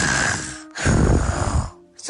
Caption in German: Man atmet so durch die Nase und dann kommt da so ein Schnarcher raus.